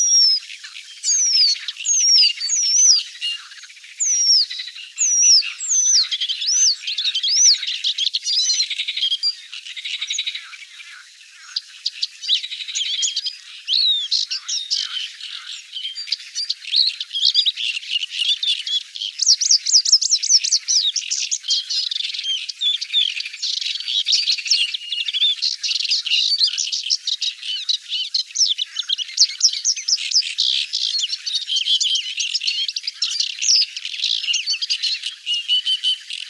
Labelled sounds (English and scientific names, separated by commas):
Paddyfield Warbler (Acrocephalus agricola) song